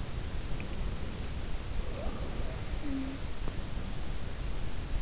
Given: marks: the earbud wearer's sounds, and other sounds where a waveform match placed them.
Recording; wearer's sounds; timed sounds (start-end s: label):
sounds in sleep by an in-ear microphone; breath
0.24-3.72 s: breath
1.94-3.54 s: sound from someone else or the room